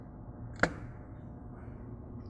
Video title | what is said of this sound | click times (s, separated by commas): How to Install Angel Eye Halos on Fiat 500 | make sure you get all three clipped in | 0.6 s